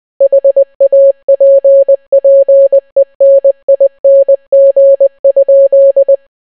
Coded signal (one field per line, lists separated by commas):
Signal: Morse code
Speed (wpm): 20 wpm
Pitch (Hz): 550 Hz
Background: none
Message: HAPPENING?